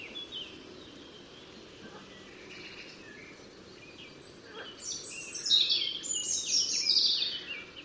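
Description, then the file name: European robin singing a burst of high, tinkling, rapidly changing warbled phrases near the end, after quieter scattered notes and steady background noise. "Erithacus rubecula"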